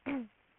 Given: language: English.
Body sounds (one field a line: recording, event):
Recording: throat vibration sensor signal played as sound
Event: throat clearing